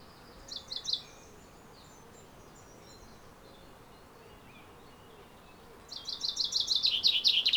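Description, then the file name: Common chaffinch with a few brief high notes, a long quiet pause, then the start of a rapid descending series of chipping notes. "Fringilla coelebs"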